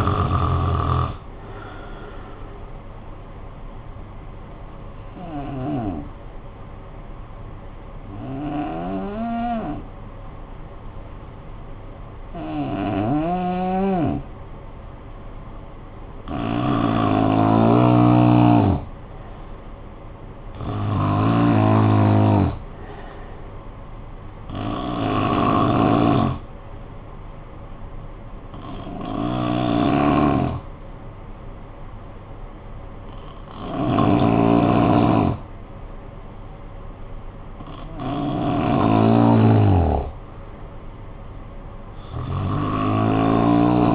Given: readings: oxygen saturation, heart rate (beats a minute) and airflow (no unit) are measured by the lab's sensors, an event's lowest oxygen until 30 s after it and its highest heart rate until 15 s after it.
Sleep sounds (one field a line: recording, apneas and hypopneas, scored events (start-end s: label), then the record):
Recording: breathing in sleep by a smartphone at the bedside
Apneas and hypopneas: 2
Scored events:
6.00-18.30 s: hypopnea (N3, oxygen 93% highest, then 89% lowest, heart rate 52 at the start, 57 highest)
26.00-38.30 s: hypopnea (N3, oxygen 92% highest, then 90% lowest, heart rate 57 at the start, 57 highest)
38.00-43.95 s: new sleep stage, N2 (light sleep)
From the record:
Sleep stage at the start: N3 (deep sleep)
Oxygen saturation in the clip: 87 to 94%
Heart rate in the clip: 52 to 65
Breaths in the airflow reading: 10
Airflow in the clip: -9.9 to 7.0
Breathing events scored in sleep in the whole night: 445 in 7.6 hours asleep